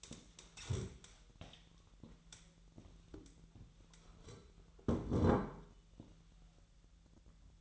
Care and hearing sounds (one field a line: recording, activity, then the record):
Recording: daily activity, microphone in the room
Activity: stand up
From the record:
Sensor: 3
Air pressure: 1001.6 hPa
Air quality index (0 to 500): 249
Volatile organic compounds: 148 ppm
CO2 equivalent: 4013 ppm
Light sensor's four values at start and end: 12/28/12/12 and 13/31/13/14